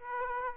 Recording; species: mosquito wingbeat signal from an infrared sensor; Aedes aegypti